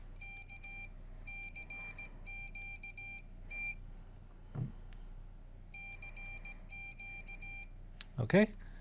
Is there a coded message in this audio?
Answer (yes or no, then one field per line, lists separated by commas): no